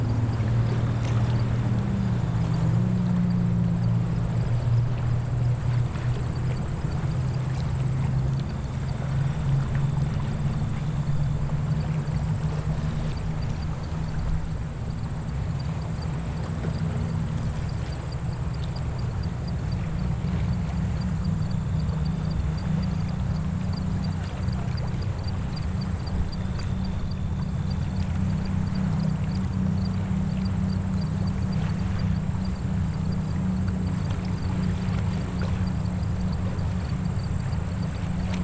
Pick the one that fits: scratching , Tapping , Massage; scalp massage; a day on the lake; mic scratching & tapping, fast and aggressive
a day on the lake